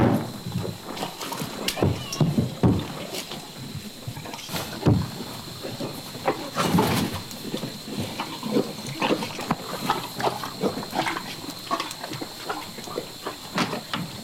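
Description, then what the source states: Horse eating, with steady crunching and chomping bites, sharper cracks near five and seven seconds, and faint background hiss. Eating apples.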